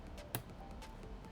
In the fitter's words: And the second click. And just like that, we have our RAM successfully installed.